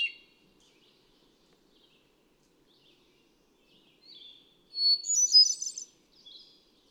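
Hermit thrush song, mostly quiet at first, then one loud high phrase: a short whistle leading into a silvery, trilling swirl, with softer fragments around it.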